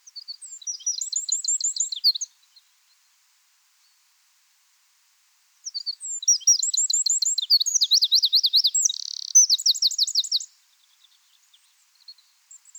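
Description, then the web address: Eurasian wren: the tail of one song, a pause of several seconds, then a full burst of quick high trills with a buzzy rattle and closing trill. "SETE Troglodytes troglodytes"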